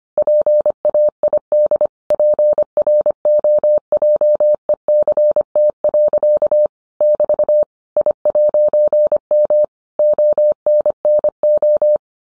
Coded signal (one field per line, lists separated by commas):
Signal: Morse code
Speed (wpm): 25 wpm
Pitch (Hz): 600 Hz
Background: none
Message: PAID PROJECT. <BT> I'M ONNO